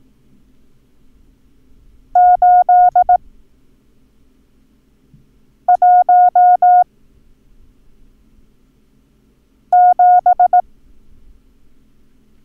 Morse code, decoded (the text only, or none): 817